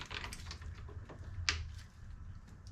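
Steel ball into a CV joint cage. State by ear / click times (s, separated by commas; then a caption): seated / 1.5 s. A steel ball is pushed into a CV joint cage during axle reassembly. Light tapping and handling sounds lead up to one sharp, bright click at 1.5 seconds as the ball goes in. The ball is seated in place.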